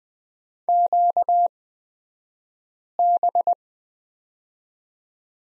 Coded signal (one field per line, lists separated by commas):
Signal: Morse code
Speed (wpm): 20 wpm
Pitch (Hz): 700 Hz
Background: none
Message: QB